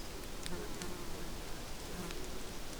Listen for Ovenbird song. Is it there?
no